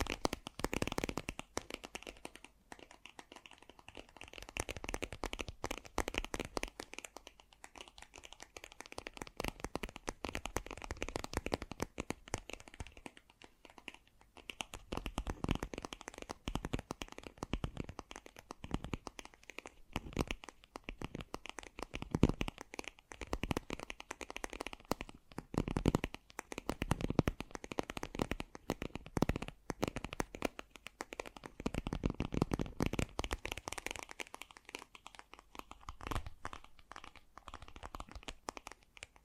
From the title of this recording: Fast & Gentle Tapping